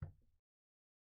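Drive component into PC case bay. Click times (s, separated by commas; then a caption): 0.0 s. A drive component is slid into its bay in a PC case and locks into place with a sharp click at 0.03 s. A faint low rumble follows and fades out by about 0.4 s, then there is silence. The drive part is seated.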